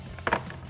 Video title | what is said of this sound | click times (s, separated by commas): 2014-2017 Silverado Powered Heated Towing Mirrors with Smoked Amber LED Turn Signal Review & Install | You should hear a nice little click once you do that | 0.3 s